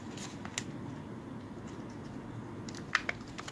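A laptop battery is pressed into its bay in the laptop chassis, seating without excessive pressure. Over a steady low background hiss, a few faint ticks are followed by a sharp, bright click pair at 3.0 s and 3.1 s as the battery seats in place.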